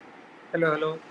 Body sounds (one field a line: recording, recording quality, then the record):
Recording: sustained vowel as in boot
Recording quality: poor, much background noise or distortion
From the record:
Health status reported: healthy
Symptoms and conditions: none ticked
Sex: male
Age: 26 years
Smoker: not ticked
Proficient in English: yes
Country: India